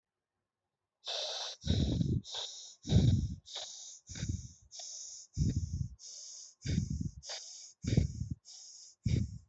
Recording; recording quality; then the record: shallow breathing; excellent, no background noise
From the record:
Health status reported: healthy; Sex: male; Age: 21 years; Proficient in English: no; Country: India